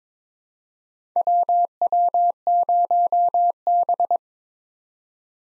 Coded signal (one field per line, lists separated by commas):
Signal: Morse code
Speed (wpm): 22 wpm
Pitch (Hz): 700 Hz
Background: none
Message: WW0B